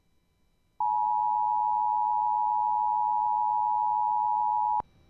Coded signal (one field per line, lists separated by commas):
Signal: Emergency Alert System (SAME) tones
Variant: 853 and 960 Hz attention tone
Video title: EAS Fail on WJON (no EAS)